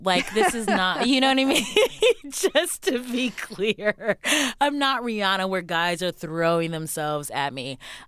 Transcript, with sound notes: Like, this is not - you know what I mean?
(LAUGHTER)
Just to be clear, I'm not Rihanna, where guys are throwing themselves at me.